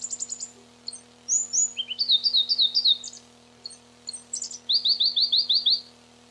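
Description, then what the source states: Pallas's leaf warbler giving a fast high trill, then varied chattering phrases and a final run of several evenly repeated ringing notes, over a soft low hum. Recorded 29 June 1994.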